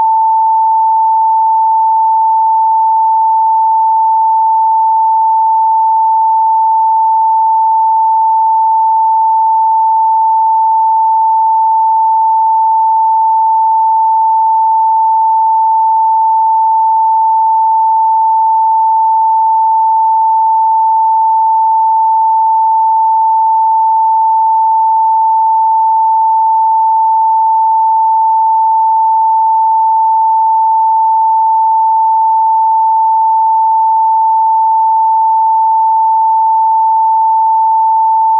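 A pure 888 Hz tone sounds without a break for the full length, a single clean whistle-like pitch in the upper middle range. It never wavers in pitch or loudness, and nothing else is audible behind it.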